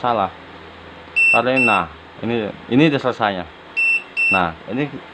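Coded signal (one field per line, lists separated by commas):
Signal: none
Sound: a charger's finished beeps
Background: speech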